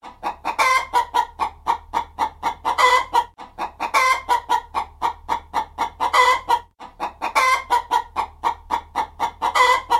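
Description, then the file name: Chicken clucking, a steady run of short throaty clucks about three per second, with louder, harsher bursts breaking in every couple of seconds, over a low steady hum. "kura"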